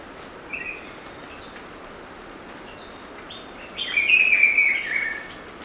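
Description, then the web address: Black-billed peppershrike singing a short warbled phrase of sliding whistled notes near the end, preceded by a brief faint note, over steady background hiss. Ecuador. "Natures Songs S America Birds of Ecuador. Black-billed Peppershrike"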